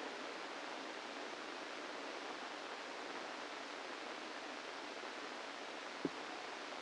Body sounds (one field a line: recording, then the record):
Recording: brain microelectrode recording played as sound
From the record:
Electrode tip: inside the subthalamic nucleus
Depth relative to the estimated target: -1 mm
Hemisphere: right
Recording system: NeuroSet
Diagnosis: Parkinson's disease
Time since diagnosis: 8 years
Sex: male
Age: 65 years